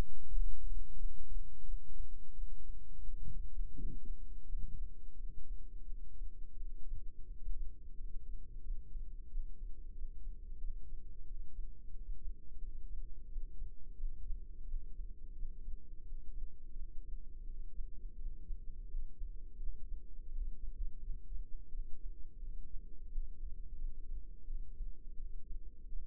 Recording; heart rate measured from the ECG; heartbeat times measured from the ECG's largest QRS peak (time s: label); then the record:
heart sounds by microphone in the left ear; 87 bpm
0.27 s: heartbeat
0.95 s: heartbeat
1.63 s: heartbeat
2.33 s: heartbeat
3.04 s: heartbeat
3.75 s: heartbeat
4.45 s: heartbeat
5.15 s: heartbeat
5.86 s: heartbeat
6.56 s: heartbeat
7.26 s: heartbeat
7.95 s: heartbeat
8.61 s: heartbeat
9.27 s: heartbeat
9.92 s: heartbeat
10.58 s: heartbeat
11.24 s: heartbeat
11.90 s: heartbeat
12.58 s: heartbeat
13.27 s: heartbeat
13.95 s: heartbeat
14.63 s: heartbeat
15.32 s: heartbeat
16.02 s: heartbeat
16.72 s: heartbeat
17.43 s: heartbeat
18.15 s: heartbeat
18.86 s: heartbeat
19.56 s: heartbeat
20.28 s: heartbeat
20.99 s: heartbeat
21.69 s: heartbeat
22.39 s: heartbeat
23.07 s: heartbeat
23.76 s: heartbeat
24.45 s: heartbeat
25.14 s: heartbeat
25.87 s: heartbeat
From the record:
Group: healthy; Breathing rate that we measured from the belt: 13 breaths a minute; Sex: female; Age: 51 years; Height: 162 cm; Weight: 70.04 kg